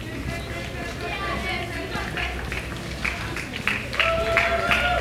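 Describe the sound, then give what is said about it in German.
A street crowd claps and cheers as a bodyguard and a woman arrive just before the finish, amid a busy murmur of voices, the applause steady at first and swelling louder toward the end, with a few thin high tones cutting through. “Da kommt der Bodyguard mit der Holden unter Beifall.”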